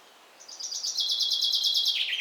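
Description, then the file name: Common chaffinch song, a high rapid trill of repeated notes gradually descending, cut off before its ending. "Fringilla coelebs"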